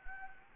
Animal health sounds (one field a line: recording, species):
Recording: mosquito wingbeat signal from an infrared sensor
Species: Anopheles gambiae